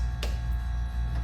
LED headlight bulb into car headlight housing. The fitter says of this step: So it's pretty easy, just snaps into place.